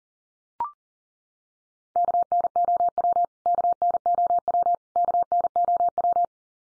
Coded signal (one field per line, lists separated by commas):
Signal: Morse code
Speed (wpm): 40 wpm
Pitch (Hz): 700 Hz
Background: none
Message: KNOW KNOW KNOW